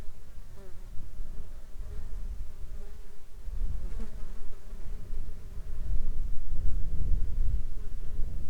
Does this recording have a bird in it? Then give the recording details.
no. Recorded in the Arctic National Wildlife Refuge, Alaska, on 19 July 2021 at 12:19. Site 33